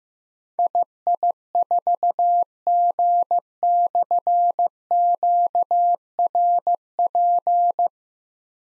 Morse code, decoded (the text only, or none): II4G/QRP